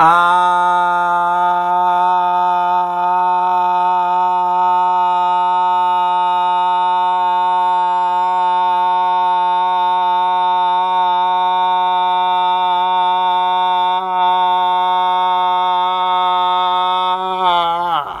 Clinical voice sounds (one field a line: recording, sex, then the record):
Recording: sustained vowel /a/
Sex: male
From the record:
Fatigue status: no fatigue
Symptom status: asymptomatic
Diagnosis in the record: COVID-19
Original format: m4a